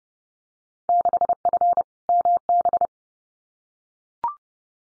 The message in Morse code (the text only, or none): 6F MB